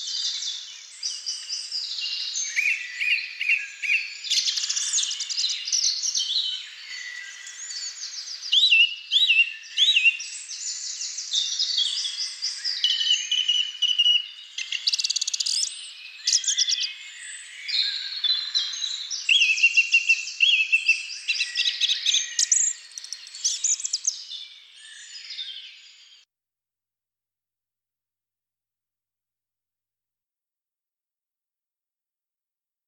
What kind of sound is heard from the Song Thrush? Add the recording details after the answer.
song. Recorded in the wild. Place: Waltershofen / Freiburg im Breisgau, Baden-Württemberg, DE. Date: 2005-04-09. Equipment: Minidisc Sony MZ-R35, Telinga DAT, Telinga-Parabolspiegel. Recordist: Schwarz, Dieter